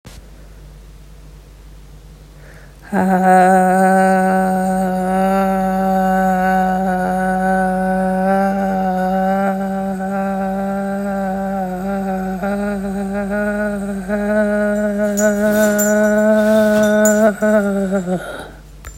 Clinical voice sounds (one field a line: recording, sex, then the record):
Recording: sustained vowel /a/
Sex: female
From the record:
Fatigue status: fatigue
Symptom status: symptomatic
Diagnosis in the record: COVID-19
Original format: m4a